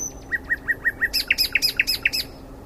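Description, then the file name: Common nightingale song: five evenly spaced bent notes, then a series of brighter, higher double notes, all in one rhythmic phrase. "Luscinia megarhynchos"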